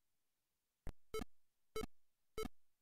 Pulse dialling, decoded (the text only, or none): none